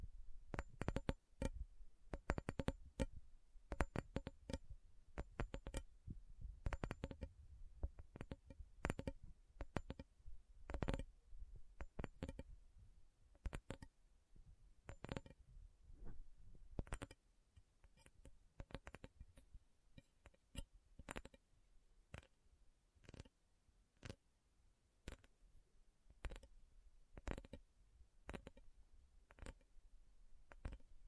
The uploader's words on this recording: ASMR Sleepy Slow Tapping Metal Sounds (No Talking).